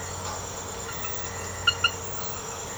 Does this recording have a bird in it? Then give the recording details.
no. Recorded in secondary vegetation near Puerto Asís, Putumayo, Colombia, on 19 March 2025 at 01:30. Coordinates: 0.468, -76.324. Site G059